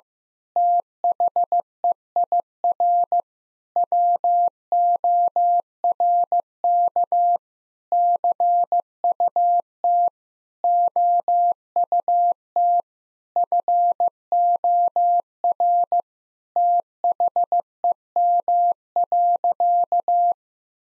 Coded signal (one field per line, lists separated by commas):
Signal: Morse code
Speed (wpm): 16 wpm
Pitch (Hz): 700 Hz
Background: none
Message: THEIR WORK CUT OUT FOR THEM.